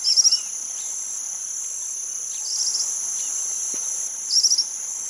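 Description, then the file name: Suiriri flycatcher song: two brief, high, rapid trills of about five notes, four seconds apart, over a loud, steady, shrill insect drone, with a few faint lower chirps. "Canto do suiriri cinzento"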